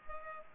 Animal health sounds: mosquito wingbeat signal from an infrared sensor; Culex pipiens

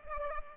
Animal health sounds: mosquito wingbeat signal from an infrared sensor; Culex pipiens

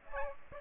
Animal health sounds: mosquito wingbeat signal from an infrared sensor; Aedes aegypti

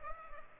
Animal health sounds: mosquito wingbeat signal from an infrared sensor; Culex pipiens

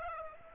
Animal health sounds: mosquito wingbeat signal from an infrared sensor; Aedes aegypti

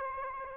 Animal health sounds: mosquito wingbeat signal from an infrared sensor; Aedes aegypti

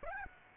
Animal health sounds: mosquito wingbeat signal from an infrared sensor; Aedes aegypti

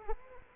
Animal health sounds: mosquito wingbeat signal from an infrared sensor; Culex quinquefasciatus

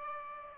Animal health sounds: mosquito wingbeat signal from an infrared sensor; Aedes aegypti

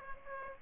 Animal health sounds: mosquito wingbeat signal from an infrared sensor; Aedes aegypti

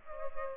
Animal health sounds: mosquito wingbeat signal from an infrared sensor; Culex pipiens

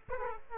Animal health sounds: mosquito wingbeat signal from an infrared sensor; Aedes aegypti

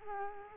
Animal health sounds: mosquito wingbeat signal from an infrared sensor; Culex quinquefasciatus

